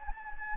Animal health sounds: mosquito wingbeat signal from an infrared sensor; Anopheles gambiae

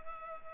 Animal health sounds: mosquito wingbeat signal from an infrared sensor; Culex pipiens

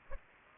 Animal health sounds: mosquito wingbeat signal from an infrared sensor; Aedes aegypti

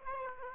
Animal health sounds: mosquito wingbeat signal from an infrared sensor; Aedes aegypti

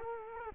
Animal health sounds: mosquito wingbeat signal from an infrared sensor; Culex quinquefasciatus

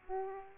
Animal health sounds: mosquito wingbeat signal from an infrared sensor; Aedes aegypti

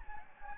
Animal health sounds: mosquito wingbeat signal from an infrared sensor; Anopheles gambiae

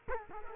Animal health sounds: mosquito wingbeat signal from an infrared sensor; Culex quinquefasciatus

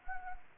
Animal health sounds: mosquito wingbeat signal from an infrared sensor; Anopheles gambiae

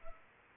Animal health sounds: mosquito wingbeat signal from an infrared sensor; Culex pipiens

